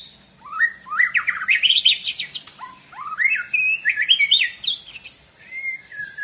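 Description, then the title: White-rumped shama song, a fast jumble of rising and falling whistles, varied throughout, with soft background hum. Lure played to make the bird respond; singing energetically (gacor). "PANCINGAN MURAI BATU GACOR"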